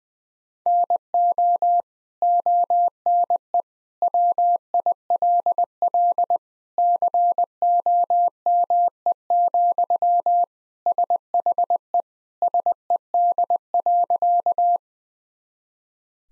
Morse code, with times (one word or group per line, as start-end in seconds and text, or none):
0.7-1.8 NO
2.2-3.6 ONE
4.0-6.4 WILL
6.8-10.4 COME,
10.9-12.0 SHE
12.4-14.8 SED.